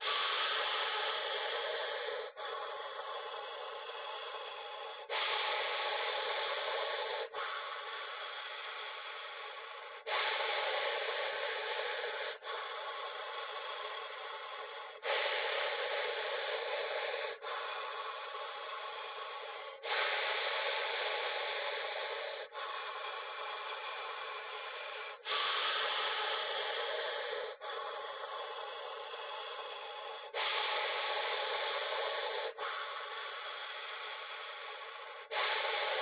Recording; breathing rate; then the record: paced breathing near a phone; 12 breaths a minute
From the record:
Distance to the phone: 20 cm